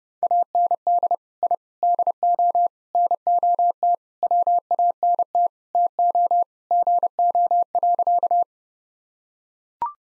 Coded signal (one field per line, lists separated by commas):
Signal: Morse code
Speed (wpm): 30 wpm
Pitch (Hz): 700 Hz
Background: none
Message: AND I DO NOT WANT TO GO.